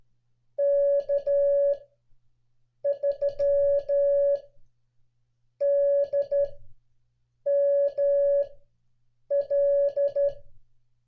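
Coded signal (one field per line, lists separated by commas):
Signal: Morse code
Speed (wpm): 12 wpm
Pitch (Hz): 560 Hz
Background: none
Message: K3DML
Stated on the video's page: Call sign copying practice for CW students, made to resemble on-air listening with no instant feedback.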